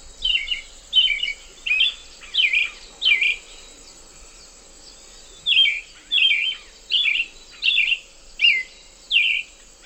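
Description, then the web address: Black-billed thrush song: short warbled phrases of two or three descending notes, repeated in two bursts of several phrases each, with a steady high hum behind. Eastern lowlands of South America. "Natures Songs S America Eastern Lowlands. Black-billed Thrush"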